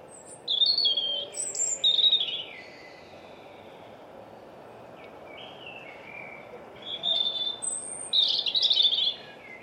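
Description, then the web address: European robin song in two bursts of high, sweet, wavering notes mixing thin whistles and rapid trills, separated by a quiet pause. "Deverinetal 2025"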